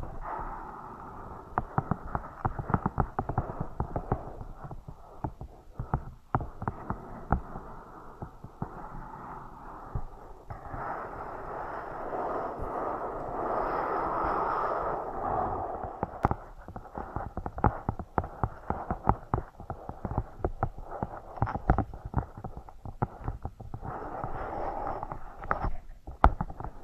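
Scratching and tapping sounds run throughout, with dense clusters of quick, sharp taps over a steady rasping scratch. Around the middle, roughly 11 to 16 seconds, the scratching grows fuller and more continuous, then sparse taps return, with a few brighter clicks near the end.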